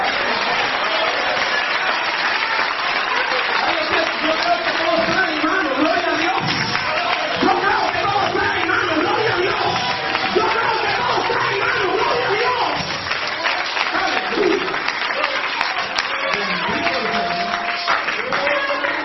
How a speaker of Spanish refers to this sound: Aleluya. ¿Alguien le puede regalar un aplauso al Señor?